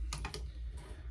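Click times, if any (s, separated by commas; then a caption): 0.1 s. A plastic Star Wars Black Series droid action figure's dome head, from a three-pack with R2-D2, R5-D4 and R2-X2, is turned on its plastic body until it lines up straight and snaps into its detent. A sharp click at 0.1 s marks it seating in place, followed by more short clicks and ticks over a steady low hum. The head ends up seated.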